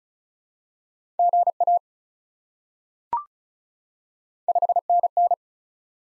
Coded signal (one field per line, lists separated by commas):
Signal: Morse code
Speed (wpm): 36 wpm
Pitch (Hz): 700 Hz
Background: none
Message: GA 5NN